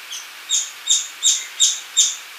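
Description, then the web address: Streak-capped treehunter calls: a series of sharp, high squeaky notes, each with a double tone, repeated about three times a second, with a faint note first. Recorded in Ecuador. "Birds of Ecuador Streak-capped Treehunter"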